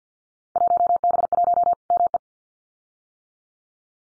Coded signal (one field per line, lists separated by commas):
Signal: Morse code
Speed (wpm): 48 wpm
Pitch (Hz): 700 Hz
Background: none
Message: 1B1 ME